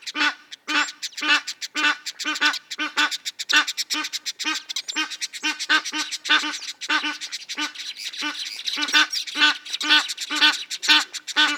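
Bird giving harsh, nasal squawking calls, repeated about twice a second in irregular bursts.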